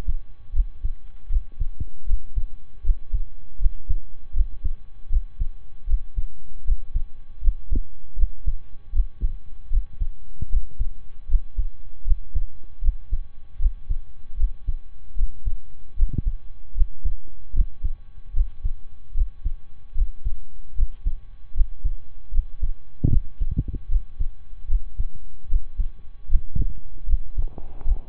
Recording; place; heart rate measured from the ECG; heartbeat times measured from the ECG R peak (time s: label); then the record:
heart sounds by stethoscope; between the tricuspid and mitral areas; 77 bpm
0.52 s: heartbeat
1.29 s: heartbeat
2.06 s: heartbeat
2.82 s: heartbeat
3.58 s: heartbeat
4.33 s: heartbeat
5.09 s: heartbeat
5.86 s: heartbeat
6.64 s: heartbeat
7.40 s: heartbeat
8.15 s: heartbeat
8.92 s: heartbeat
9.69 s: heartbeat
10.49 s: heartbeat
11.27 s: heartbeat
12.04 s: heartbeat
12.81 s: heartbeat
13.58 s: heartbeat
14.36 s: heartbeat
15.15 s: heartbeat
15.95 s: heartbeat
16.74 s: heartbeat
17.52 s: heartbeat
18.33 s: heartbeat
19.13 s: heartbeat
19.94 s: heartbeat
20.75 s: heartbeat
21.53 s: heartbeat
22.31 s: heartbeat
23.09 s: heartbeat
23.88 s: heartbeat
24.67 s: heartbeat
25.48 s: heartbeat
26.27 s: heartbeat
27.06 s: heartbeat
27.84 s: heartbeat
From the record:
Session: slow and fast walking with breaks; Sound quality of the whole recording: saturated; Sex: male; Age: 25 years